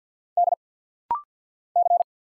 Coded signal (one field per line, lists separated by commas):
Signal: Morse code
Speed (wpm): 50 wpm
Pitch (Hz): 700 Hz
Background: none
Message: D C